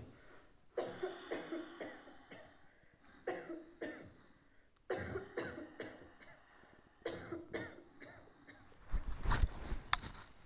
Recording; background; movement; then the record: deep breathing; a bystander coughing; sitting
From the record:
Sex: female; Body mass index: 25.5 kg/m2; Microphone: on the chest, facing outward